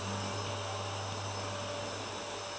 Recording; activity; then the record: daily activity, microphone in the room; vacuum cleaning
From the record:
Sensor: 2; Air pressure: 1007.5 hPa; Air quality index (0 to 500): 32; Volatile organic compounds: 1 ppm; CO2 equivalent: 520 ppm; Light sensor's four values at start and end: 7/16/7/7 and 7/16/7/7